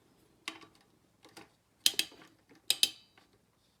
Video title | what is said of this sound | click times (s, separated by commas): Amd Ryzen 7 2700x , Asrock B450M-HDV R4.0 Unboxing and Mounting | you hear that click it means it's alright it's tight | 1.9 s, 2.7 s